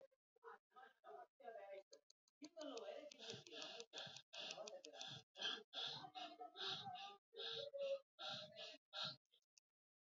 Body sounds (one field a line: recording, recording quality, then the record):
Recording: shallow breathing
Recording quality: moderate, slight background noise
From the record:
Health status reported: recovered from COVID-19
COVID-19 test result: positive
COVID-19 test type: RT-PCR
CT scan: not taken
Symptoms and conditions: none ticked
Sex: female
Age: 59 years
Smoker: no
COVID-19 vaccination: both doses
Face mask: not worn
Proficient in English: yes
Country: India